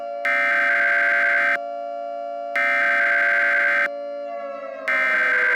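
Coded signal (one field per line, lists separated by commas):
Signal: Emergency Alert System (SAME) tones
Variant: header bursts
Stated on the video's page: Fictional EAS scenario.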